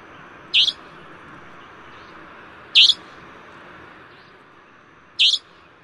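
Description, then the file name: Savanna nightjar calling with three piercing, rasping high notes a few seconds apart, against constant background hiss. "台灣夜鷹"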